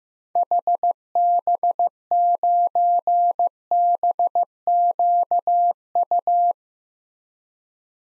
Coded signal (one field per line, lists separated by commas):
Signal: Morse code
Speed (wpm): 15 wpm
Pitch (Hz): 700 Hz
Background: none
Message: HB9BQU